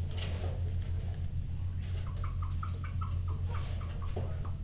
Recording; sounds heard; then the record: poultry house recording; healthy chickens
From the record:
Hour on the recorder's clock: 1